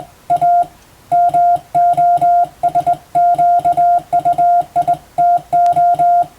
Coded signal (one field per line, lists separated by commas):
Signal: Morse code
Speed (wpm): 20 wpm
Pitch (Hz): 700 Hz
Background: music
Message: A MOSQUITO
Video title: 無線従事者国家試験総合無線通信士電気通信術のトレーニングにＣＷを打ってみました。アマチュア無線ハムの受信練習にもどうぞ(morse code practice for radio operator )